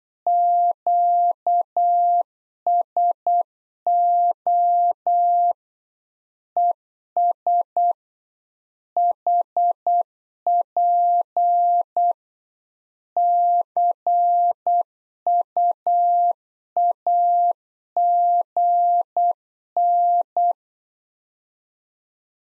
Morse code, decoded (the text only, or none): QSO ES HP CUAGN